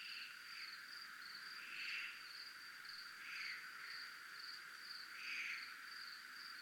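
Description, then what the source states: Cricket keeps up an even, high pulsed trill, with a few louder buzzy swells rising over it. Recorded in a military zone (zona militar).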